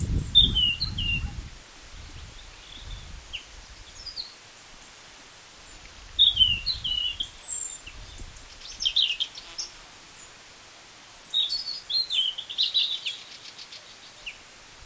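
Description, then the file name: European robin song: soft, high, thin warbling phrases with pauses, broken by bursts of low rumbling noise. "Erithacus rubecula"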